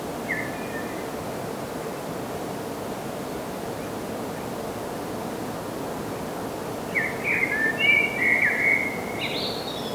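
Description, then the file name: Common blackbird song: a short whistled note, then a longer run of mellow fluted warbling that ends in a higher squeaky twitter, over a steady background hiss. "Turdus merula"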